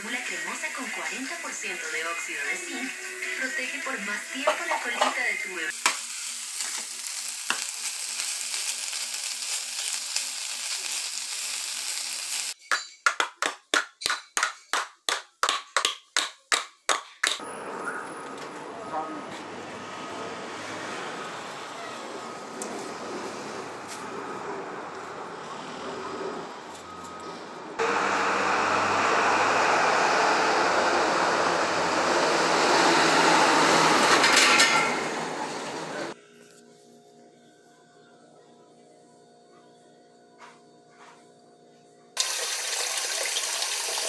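Everyday household sounds in shifting sections: murmuring voices, a burst of rapid clicks around 13 seconds, then steady hissing like running water or frying.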